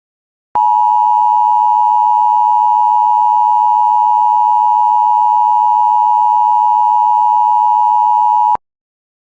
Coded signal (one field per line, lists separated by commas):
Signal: Emergency Alert System (SAME) tones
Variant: 853 and 960 Hz attention tone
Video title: SVR On Weatherscan 24/7 From Mobile EAS #307